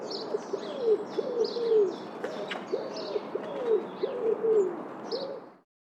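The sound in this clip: Bird cooing: soft low notes, some falling in pitch, repeated in a series while high chirping continues alongside.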